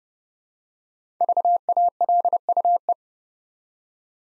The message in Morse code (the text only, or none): VALUE